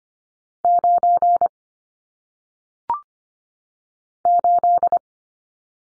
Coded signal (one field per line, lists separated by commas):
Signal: Morse code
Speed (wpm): 25 wpm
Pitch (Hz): 700 Hz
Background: none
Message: 9 8